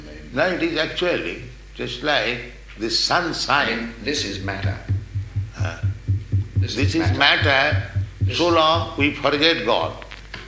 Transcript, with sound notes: No, it is actually. Just like the sunshine...
This is matter. [knocks on something] This is matter.
This is matter so long we forget God.